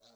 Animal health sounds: pig call; piglet (1 to 25 days)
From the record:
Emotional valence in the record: positive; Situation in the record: short reunion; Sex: male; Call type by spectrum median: high-frequency call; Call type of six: low-frequency tonal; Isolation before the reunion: 3 minutes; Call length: 0.16 s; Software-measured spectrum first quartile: 579 Hz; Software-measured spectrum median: 2500 Hz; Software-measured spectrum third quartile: 4652 Hz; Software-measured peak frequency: 587 Hz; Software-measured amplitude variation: 65 dB a second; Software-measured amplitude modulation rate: 12.5 a second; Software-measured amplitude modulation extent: 5.2 dB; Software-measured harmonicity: 2.5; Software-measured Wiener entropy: -1.99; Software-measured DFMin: 1102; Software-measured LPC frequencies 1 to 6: 617, 1339, 2420, 4060, 5477, 6123 Hz

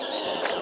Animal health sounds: pig call; piglet (1 to 25 days)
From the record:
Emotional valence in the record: positive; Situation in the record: huddling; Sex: female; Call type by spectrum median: low-frequency call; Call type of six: low-frequency tonal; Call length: 0.61 s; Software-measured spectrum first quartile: 621 Hz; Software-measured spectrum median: 1496 Hz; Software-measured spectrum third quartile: 3441 Hz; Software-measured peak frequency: 542 Hz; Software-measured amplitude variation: 101 dB a second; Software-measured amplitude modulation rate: 27.7 a second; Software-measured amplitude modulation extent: 3.6 dB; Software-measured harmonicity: 0.8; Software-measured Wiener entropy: -1.59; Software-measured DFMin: 802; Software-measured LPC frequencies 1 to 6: 634, 1719, 2906, 3810, 4872, 6653 Hz

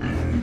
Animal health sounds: pig call; growing-finishing pig (85 days or more)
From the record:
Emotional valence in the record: negative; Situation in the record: barren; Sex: female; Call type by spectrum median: low-frequency call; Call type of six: low-frequency modulated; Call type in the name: low-frequency stable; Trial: 1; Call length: 0.42 s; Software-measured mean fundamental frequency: 42 Hz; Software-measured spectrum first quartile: 101 Hz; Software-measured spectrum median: 220 Hz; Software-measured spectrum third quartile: 501 Hz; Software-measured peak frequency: 78 Hz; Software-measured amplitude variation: 133 dB a second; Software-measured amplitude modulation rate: 27.1 a second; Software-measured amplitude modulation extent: 4.9 dB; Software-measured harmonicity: -0.7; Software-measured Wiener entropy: -0.89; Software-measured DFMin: 666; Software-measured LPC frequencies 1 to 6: 1676, 2274, 2868, 3985, 5223, 6090 Hz

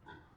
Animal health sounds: pig call; growing-finishing pig (85 days or more)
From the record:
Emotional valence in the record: positive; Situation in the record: run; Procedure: transit

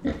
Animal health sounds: pig call; growing-finishing pig (85 days or more)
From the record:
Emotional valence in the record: negative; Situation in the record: barren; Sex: male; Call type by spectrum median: low-frequency call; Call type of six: low-frequency stable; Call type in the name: low-frequency stable, not sure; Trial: 2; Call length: 0.20 s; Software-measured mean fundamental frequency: 68 Hz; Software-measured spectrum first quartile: 225 Hz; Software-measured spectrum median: 320 Hz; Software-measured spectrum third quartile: 669 Hz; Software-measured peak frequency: 266 Hz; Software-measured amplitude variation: 214 dB a second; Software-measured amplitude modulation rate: 12.5 a second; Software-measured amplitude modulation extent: 17.2 dB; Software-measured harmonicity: 3.2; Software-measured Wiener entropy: -0.54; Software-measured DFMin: 971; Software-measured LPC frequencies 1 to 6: 371, 1958, 3670, 5060, 6486, 7285 Hz

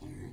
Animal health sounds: pig call; weaner (32 to 43 days)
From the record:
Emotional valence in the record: positive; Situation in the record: positive conditioning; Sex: female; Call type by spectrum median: low-frequency call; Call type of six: low-frequency stable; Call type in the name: low-frequency stable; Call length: 0.33 s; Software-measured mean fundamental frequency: 44 Hz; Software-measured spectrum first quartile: 113 Hz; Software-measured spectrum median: 253 Hz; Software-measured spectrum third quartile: 535 Hz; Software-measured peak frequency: 123 Hz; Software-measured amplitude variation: 134 dB a second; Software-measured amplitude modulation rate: 28.5 a second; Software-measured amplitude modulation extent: 4.7 dB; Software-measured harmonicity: 2.4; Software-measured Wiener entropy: 0.15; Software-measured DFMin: 1048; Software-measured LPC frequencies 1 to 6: 279, 1892, 3373, 4096, 4762, 5841 Hz

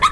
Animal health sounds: pig call; piglet (1 to 25 days)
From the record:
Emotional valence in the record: positive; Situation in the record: reunion after long isolation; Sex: male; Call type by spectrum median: low-frequency call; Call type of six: high-frequency stable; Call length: 0.12 s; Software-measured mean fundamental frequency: 176 Hz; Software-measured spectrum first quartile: 1137 Hz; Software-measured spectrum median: 1418 Hz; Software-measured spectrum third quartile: 2864 Hz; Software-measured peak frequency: 1244 Hz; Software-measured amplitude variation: 152 dB a second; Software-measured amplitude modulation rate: 4.2 a second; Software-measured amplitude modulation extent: 36.3 dB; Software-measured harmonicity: 9.0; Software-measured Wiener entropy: -2.47

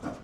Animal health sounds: pig call; growing-finishing pig (85 days or more)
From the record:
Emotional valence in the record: positive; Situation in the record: run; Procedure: transit

